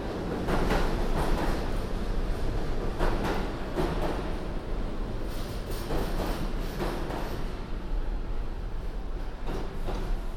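A subway ride on the N or 1 train: a steady low rumble and roar, with brief bright clattering bursts from the wheels every second or two.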